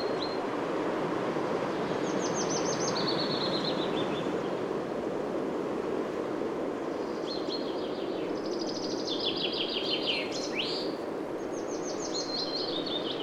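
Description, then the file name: Common chaffinch song: bright trilled phrases sliding downward, heard several times with one ending in a sharp flourish, over a steady loud rushing background noise. "Fringilla coelebs"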